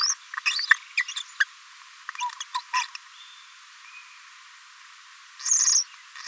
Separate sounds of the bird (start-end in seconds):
0.53-0.65, 0.97-1.04, 1.40-1.44, 2.40-2.44, 2.54-2.58, 2.73-2.85, 5.45-5.83